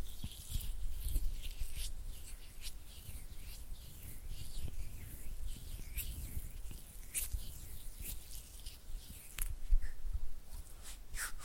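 Oily hands squish and flutter fingers in a dense, irregular stream of wet clicks and bright crackles over a soft, constant low rumble.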